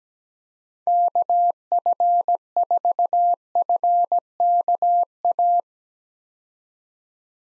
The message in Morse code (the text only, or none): KF4FKA